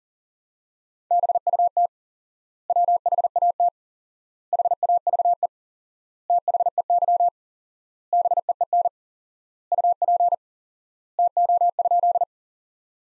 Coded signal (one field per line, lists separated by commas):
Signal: Morse code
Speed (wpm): 40 wpm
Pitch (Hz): 700 Hz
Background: none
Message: BUT WHAT HAVE THEY BEEN UP TO?